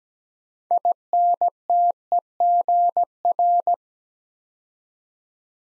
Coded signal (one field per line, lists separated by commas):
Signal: Morse code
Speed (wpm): 17 wpm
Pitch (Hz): 700 Hz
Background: none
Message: INTEGR